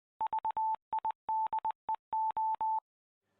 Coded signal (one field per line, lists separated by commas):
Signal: Morse code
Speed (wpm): 20 wpm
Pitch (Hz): 880 Hz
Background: none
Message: VIDEO